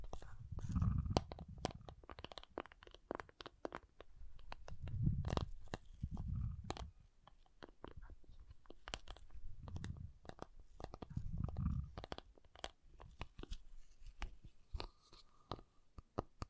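Water beads are handled in a shifting, squelchy way, with many sharp clicks and crunchy pops scattered throughout. Deep, soft low thuds swell up at intervals, around 1, 5, 6.5, 10 and 11.5 seconds, between stretches of lighter, sparser crackling.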